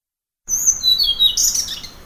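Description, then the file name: Blue-throated flycatcher song: brief burst of very high, thin whistled phrases with quick downward slides. "kicau sikatan blue throated. omkicau"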